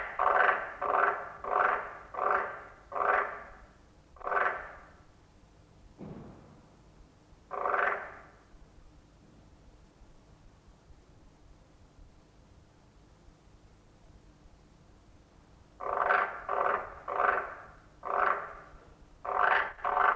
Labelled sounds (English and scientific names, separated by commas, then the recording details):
Edible Frog (Pelophylax esculentus) call
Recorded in captivity
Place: Museum für Naturkunde Berlin, Berlin, DE
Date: 1966-05-05
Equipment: Smaragd, Grundig-Mikrofon
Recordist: Günther, Rainer